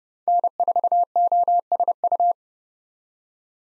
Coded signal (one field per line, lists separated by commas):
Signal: Morse code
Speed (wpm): 30 wpm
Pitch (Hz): 700 Hz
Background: none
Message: N4OSU